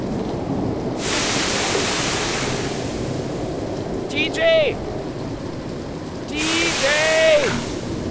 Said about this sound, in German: Bei dem Seegang.